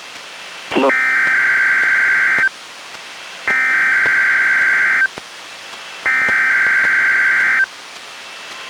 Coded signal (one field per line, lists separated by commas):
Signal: Emergency Alert System (SAME) tones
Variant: header bursts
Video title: EAS #535: NWR Required Weekly Test- July 14, 2021- 11:38AM PDT